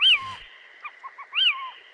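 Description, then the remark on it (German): A Kauz, an owl without ear tufts, gives two short, sharp, high-pitched calls, each rising then falling, with a few brief, soft clipped notes in between. No one speaks. “Und Kauz auf die kurzen, abgehackten Laute.”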